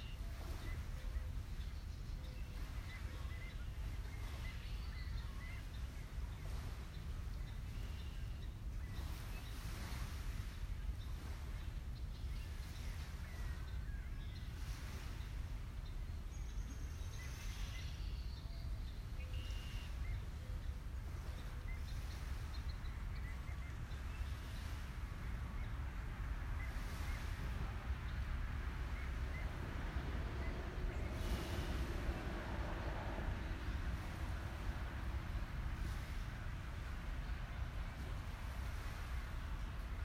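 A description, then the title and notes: A steady low rumble of wind and lapping water along a wooded lakeshore, with faint scattered bird calls and clatter throughout. Atmosphere - Waterfront 1. Oakville lakeshore woods waterfront.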